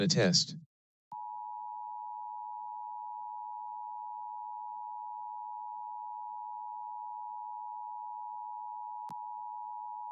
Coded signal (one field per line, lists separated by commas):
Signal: Emergency Alert System (SAME) tones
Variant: 853 and 960 Hz attention tone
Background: speech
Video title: LIVE AM/MW DX: DX Central Live - S. 3, Ep. 11 | Friday, December 2, 2022 | MWFC: Expanded Band